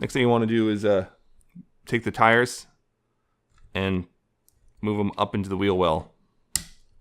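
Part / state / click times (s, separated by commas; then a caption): toy tire assembly into the wheel well of a transforming robot toy / seated / 6.6 s. Someone talks while a plastic tire assembly on a transforming robot toy is pushed up into its wheel well. At 6.6 s it snaps into place with a single loud, sharp click, and the wheel is seated.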